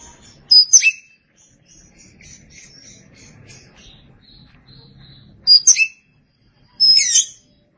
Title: Suara Kicauan Burung Kacer